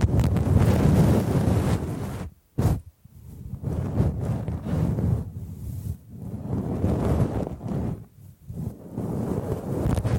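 Bamboo is brushed and scratched in long, rough strokes with brief pauses near three, six and eight seconds, plus one sharp tap.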